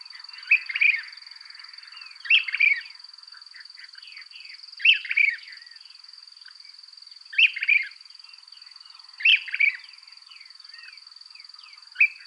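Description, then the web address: Brown-crested Flycatcher repeating short rough, burry phrases every two seconds or so, with a constant high-pitched drone behind. Ecuador. "Natures Songs S America Birds of Ecuador. Brown-Crested Flycatcher"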